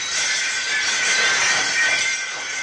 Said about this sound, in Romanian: Ai auzit, Gerda? Ce să fie oare? Poate s-a spart un geam.